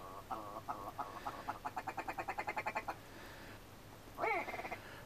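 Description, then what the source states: Willow ptarmigan calling: a string of nasal notes speeding into a rattling chatter, then a harsh squawk with brief stutters. Call known as the ptarmigan's laugh; common in northern Lapland; spring, males spreading to territories.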